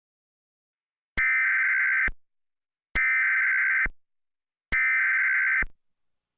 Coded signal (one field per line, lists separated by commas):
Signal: Emergency Alert System (SAME) tones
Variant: header bursts